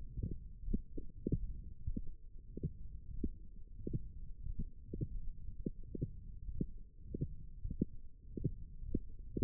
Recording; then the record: forearm muscle sounds (acoustic myography)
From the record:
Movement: wrist extension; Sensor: system 1, eight BSWA MPA416 microphones around the upper forearm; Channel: 4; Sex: male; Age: 23 years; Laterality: right